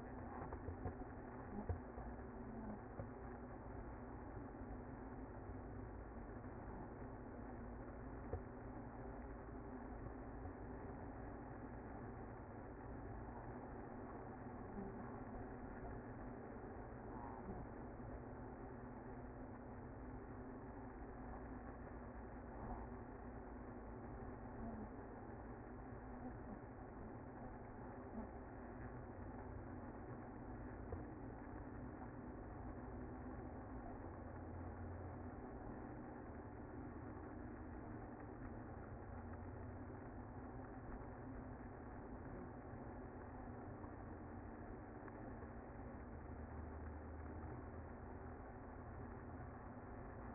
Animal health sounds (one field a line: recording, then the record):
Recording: honeybee colony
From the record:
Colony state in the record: active